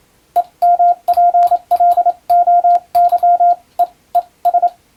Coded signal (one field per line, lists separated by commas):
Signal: Morse code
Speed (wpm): 27 wpm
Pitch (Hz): 700 Hz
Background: radio noise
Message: EMPLOYEES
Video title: 【モールス実技教材】モールスＣＷトレーニング！モールスの無線通信士国家試験の練習風景です。アマチュア無線の受信練習にもどうぞ(morse code practice radio operator )